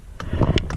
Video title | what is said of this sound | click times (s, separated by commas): 2016 Subaru WRX Driver Airbag removal and install (How to) - Build Series 2 | I could have sworn it was in, but now you just push it in. There you go. You heard that click. | 0.6 s